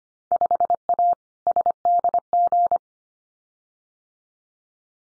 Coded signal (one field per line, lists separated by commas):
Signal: Morse code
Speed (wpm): 25 wpm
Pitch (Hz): 700 Hz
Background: none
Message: 5A SDG